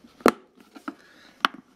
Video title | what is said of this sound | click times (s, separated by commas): Inducer motor change on a Carrier 59SC5A060 | it's snapped in so that's my Inlet choke now 40,000 | 1.5 s